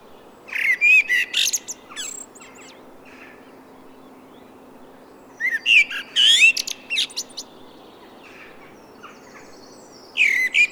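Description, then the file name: Common blackbird song, three warbled phrases about four to five seconds apart, each mellow whistling followed by thin high twitters, with a faint hum behind. "Turdus merula"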